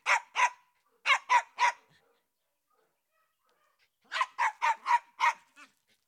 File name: Digiffects Sound Effects Library - Small Dog Barking Outdoors